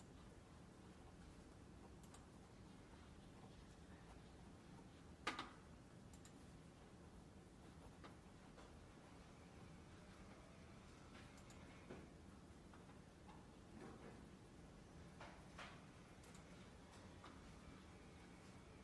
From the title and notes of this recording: Glasgow library. (university of glasgow).